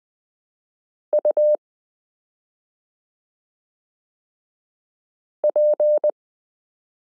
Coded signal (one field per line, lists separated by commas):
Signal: Morse code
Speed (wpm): 20 wpm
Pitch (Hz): 600 Hz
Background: none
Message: U P